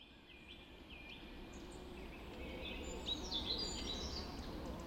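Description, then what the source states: Birds in a birds, a few clear repeated whistled notes early, then busier overlapping chirps and trills, above a low background rumble. Birds recorded just after dawn in the Forest of Dean.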